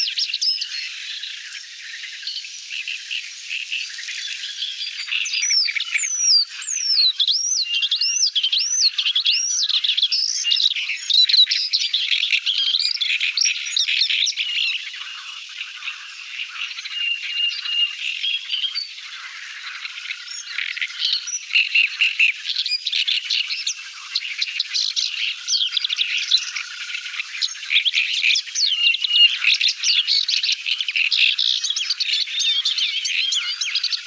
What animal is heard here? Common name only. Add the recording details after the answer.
Paddyfield Warbler. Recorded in the wild. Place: Damtschik/Wolgadelta, RU. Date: 1995-05-16. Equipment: Dat-Recorder Casio DA 7, Telinga DAT, Telinga-Parabolspiegel. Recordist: Schwarz, Dieter